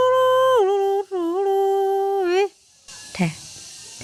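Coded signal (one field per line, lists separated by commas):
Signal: whistled language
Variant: Kongthong jingrwai iawbei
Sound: a hummed, voice-like melody with steady notes and pitch dips, followed by rustling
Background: room noise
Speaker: That is she keep her song. This is her name.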